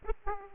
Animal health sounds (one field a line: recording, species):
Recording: mosquito wingbeat signal from an infrared sensor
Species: Aedes aegypti